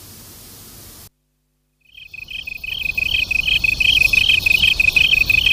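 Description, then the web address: Japanese tree cricket: after a brief hiss and a moment of silence, Japanese tree crickets fade in, two high trilled pulse trains alternating and growing louder to the end. Local name kantan; two crickets singing a duet. "sikioto insect kantanduet"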